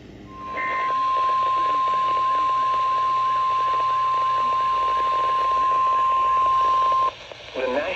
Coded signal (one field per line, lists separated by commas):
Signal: Emergency Alert System (SAME) tones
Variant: 1050 Hz attention tone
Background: speech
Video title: Your Typical June Afternoon- EAS Alerts from 6/16 & 6/17/22 - EAS 716-773